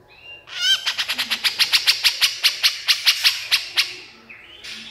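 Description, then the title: Horsfield's bush lark song: a brief rising whistled phrase, then a fast, slightly uneven train of harsh, high, buzzy notes, stopping well before the end. Vigorous, full-voiced song (super gacor). "KICAUAN BRANJANGAN SUPER GACOR"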